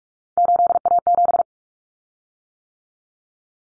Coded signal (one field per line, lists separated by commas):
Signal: Morse code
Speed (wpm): 44 wpm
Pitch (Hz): 700 Hz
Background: none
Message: 8A7